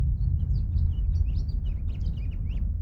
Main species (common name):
House Finch